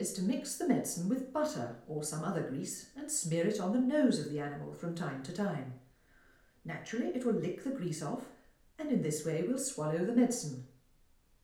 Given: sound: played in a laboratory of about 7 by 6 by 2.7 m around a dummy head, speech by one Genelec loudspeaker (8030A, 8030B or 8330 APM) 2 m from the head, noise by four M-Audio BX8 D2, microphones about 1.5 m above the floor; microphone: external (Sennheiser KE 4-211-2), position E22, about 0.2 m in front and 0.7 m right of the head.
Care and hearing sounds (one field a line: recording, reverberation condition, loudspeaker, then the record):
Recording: female speech in English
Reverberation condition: medium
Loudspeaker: 30 degrees to the left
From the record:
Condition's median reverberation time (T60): about 510 ms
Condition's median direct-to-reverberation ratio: about -0.5 dB